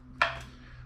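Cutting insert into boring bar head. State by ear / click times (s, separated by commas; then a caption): seated / 0.2 s. A carbide cutter is fitted into the cutter hole of a boring bar on an engine block boring machine. A single sharp metallic snap sounds at 0.2 s over a faint steady low hum, then quickly fades. The cutter snaps into place and is seated.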